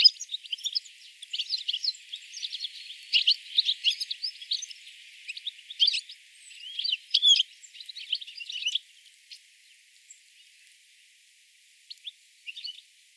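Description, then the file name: European goldfinch calls, a steady stream of tinkling twitters and chirps for about nine seconds, then a few scattered notes at the end. "Carduelis carduelis"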